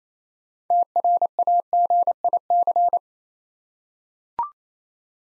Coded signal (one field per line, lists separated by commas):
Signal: Morse code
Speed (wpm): 28 wpm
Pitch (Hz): 700 Hz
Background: none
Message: TRAGIC